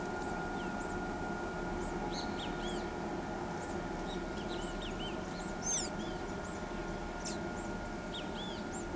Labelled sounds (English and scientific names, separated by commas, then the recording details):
Tropical Kingbird (Tyrannus melancholicus), Great Kiskadee (Pitangus sulphuratus), Blue-gray Tanager (Thraupis episcopus)
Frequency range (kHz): Tropical Kingbird (Tyrannus melancholicus) 1.7-18.5 kHz; Great Kiskadee (Pitangus sulphuratus) 1.7-9.8 kHz
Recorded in pastures near Pivijay, Magdalena, Colombia, on 18 April 2023 at 17:00
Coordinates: 10.456, -74.369
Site P6-G026